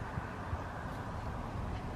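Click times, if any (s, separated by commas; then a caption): none. A plastic cap is turned onto the neck of the hybrid inverter coolant reservoir on a 2010–2015 third-generation Toyota Prius, with steady broadband background noise and a few faint low thumps. Nothing has clicked yet. The cap is turned until snug, because unlike the engine coolant cap it does not click.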